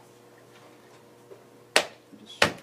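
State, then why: Seated. The plastic top cover of a glass-cutting saw is pressed back onto the housing until it snaps in place. After quiet, faint handling, two sharp snaps ring out at 1.8 s and 2.4 s, and the cover ends up seated.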